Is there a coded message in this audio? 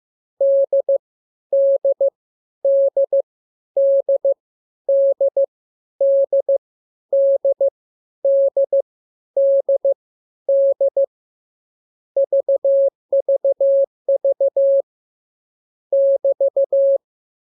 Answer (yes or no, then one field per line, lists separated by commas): yes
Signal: Morse code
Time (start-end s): 0.4-17.0 s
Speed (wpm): 15 wpm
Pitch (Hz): 550 Hz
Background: none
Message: D D D D D D D D D D VVV <BT>